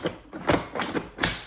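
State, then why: Seated. A plastic bowl assembly of a Ninja Creami ice cream machine is twisted into its motor base over several tries, with knocks and thumps around 0.1, 0.5 and 0.8 seconds. The loudest, sharpest click comes at 1.2 seconds as the bowl locks into place in the base.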